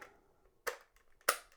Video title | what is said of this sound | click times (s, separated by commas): Installed NEW! Command Touchpad Control on 2015+ Mercedes-Benz C300 (W205) | Oh, they do. They pop right in. | 0.7 s, 1.3 s